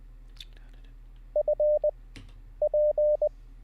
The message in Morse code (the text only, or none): F P